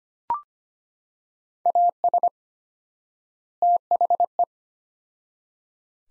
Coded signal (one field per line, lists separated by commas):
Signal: Morse code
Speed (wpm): 25 wpm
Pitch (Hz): 700 Hz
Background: none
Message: AS THE